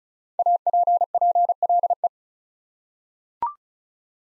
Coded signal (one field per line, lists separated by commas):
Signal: Morse code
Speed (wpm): 36 wpm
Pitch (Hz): 700 Hz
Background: none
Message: APPLE